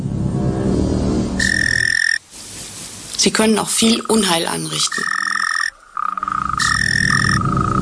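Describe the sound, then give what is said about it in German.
Moving toads croak in three loud, buzzy, tonal bouts, each a steady trilling call, with a man's voice speaking briefly in the gap between them, in a campaign advertising clip. “Man sieht Kröten, die sich bewegen.”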